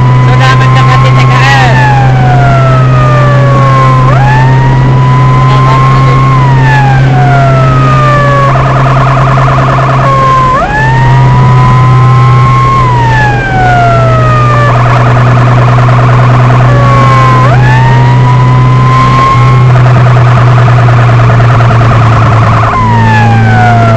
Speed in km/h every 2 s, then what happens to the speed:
92, 94, 95, 96, 97, 94, 90, 88, 90, 92, 89, 82.
0-6 steady at about 94. 6-13 slows to 88. 13-19 steady at about 90. 19-24 slows to 82.